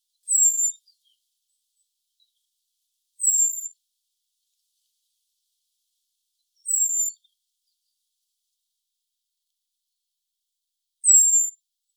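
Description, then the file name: Common blackbird thin calls: four short, very high, slightly downslurred whistles, spaced a few seconds apart, with silence between. "Turdus merula"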